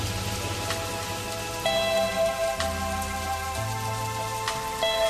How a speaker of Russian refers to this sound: На площади Альма дождь хлынул сильнее